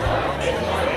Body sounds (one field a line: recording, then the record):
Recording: background sound without coughing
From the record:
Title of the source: CITY SOUNDS Busy Bar in the Evening Night - 2 HOURS of Ambiance for Relaxation